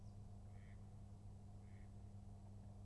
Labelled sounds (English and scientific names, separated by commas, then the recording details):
Mallard (Anas platyrhynchos)
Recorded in Germany
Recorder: ecoPi